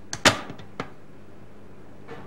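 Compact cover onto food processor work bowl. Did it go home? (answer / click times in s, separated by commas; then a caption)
yes / 0.1 s, 0.8 s. Both hands twist the plastic compact cover counterclockwise on the work bowl of a Cuisinart DLC 10 Series food processor (1995). Sharp clicks are heard at 0.1 s and 0.8 s, with a louder clunk around 0.3 s between them. The cover clicks locked into place on the bowl.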